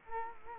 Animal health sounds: mosquito wingbeat signal from an infrared sensor; Culex quinquefasciatus

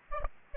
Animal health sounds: mosquito wingbeat signal from an infrared sensor; Aedes aegypti

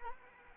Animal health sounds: mosquito wingbeat signal from an infrared sensor; Anopheles arabiensis

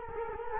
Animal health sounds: mosquito wingbeat signal from an infrared sensor; Culex quinquefasciatus

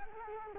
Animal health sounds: mosquito wingbeat signal from an infrared sensor; Culex quinquefasciatus

